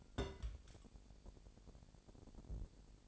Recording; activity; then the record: daily activity, microphone in the room; place on stove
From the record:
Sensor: 5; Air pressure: 1002.1 hPa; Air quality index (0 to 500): 248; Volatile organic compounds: 9 ppm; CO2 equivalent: 2154 ppm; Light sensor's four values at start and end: 21/45/20/22 and 21/45/20/22